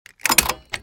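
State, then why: Not seated. A plastic insulator panel under the passenger-side dash of a 2014–2019 Jeep Cherokee is raised, and its plastic retainers and ends are pushed toward the dashboard mounting holes. A cluster of sharp plastic clatters and rattles is heard between about 0.25 and 0.5 seconds, followed by a brief rustle near 0.75 seconds. The panel has not seated or clicked into place yet.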